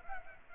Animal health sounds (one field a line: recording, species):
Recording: mosquito wingbeat signal from an infrared sensor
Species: Culex pipiens